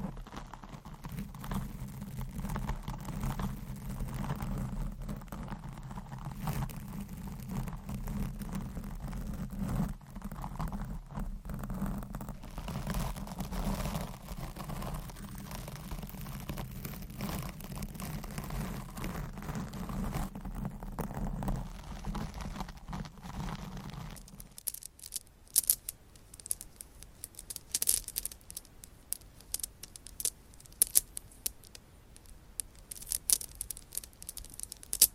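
Scratching and rubbing sounds run steadily for the first 24 seconds over a low, dense rumble, like fingers working across a textured surface. Then the low layer drops out and sharper, brighter scratches and taps take over, coming in quick irregular bursts.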